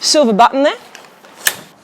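Someone talks, then a corner leg pole of a Coleman Instant Up 10 Gold tent is extended until its spring-loaded silver button snaps into the locking hole. A sharp, bright click at 1.5 s marks the telescoping pole seating in its extended position, with the silver button showing to confirm it is locked.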